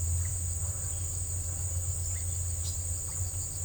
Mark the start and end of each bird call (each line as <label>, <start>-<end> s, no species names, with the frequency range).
bird call (1.4-2.6 kHz), 2.14-2.28 s
bird call (0.8-2.5 kHz), 3.06-3.22 s